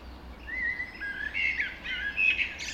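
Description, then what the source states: Birds in chorus, with a sweet whistled warble running throughout, a few higher notes layered on top, and a faint low rumble beneath. Dawn chorus recorded just after dawn in the Forest of Dean.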